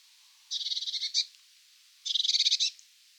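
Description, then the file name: Eurasian blue tit scolding: two harsh, buzzy churring bursts of rapid pulses, the first ending in a sharper note. "Cyanistes caeruleus"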